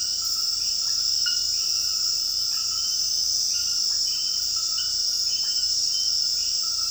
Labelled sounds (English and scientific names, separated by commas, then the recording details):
none
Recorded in dense forest near Puerto Asís, Putumayo, Colombia, on 20 February 2024 at 22:30
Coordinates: 0.481, -76.318
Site G6421